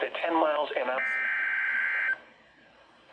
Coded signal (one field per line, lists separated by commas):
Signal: Emergency Alert System (SAME) tones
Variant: header bursts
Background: speech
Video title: July 5th EAS Severe Thunderstorm Warnings In Wisconsin